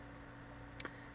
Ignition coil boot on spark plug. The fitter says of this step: I can hear it snapping off of the top of the spark plug